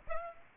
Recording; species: mosquito wingbeat signal from an infrared sensor; Aedes aegypti